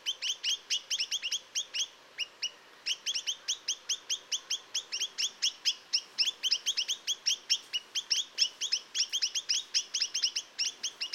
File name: Chinese nuthatch